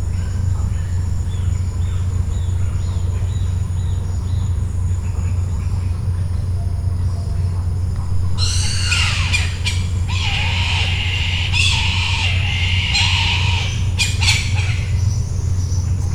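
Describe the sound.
Bird harsh squawking in a cluster of grating, buzzy bursts midway, with a steady low hum running throughout.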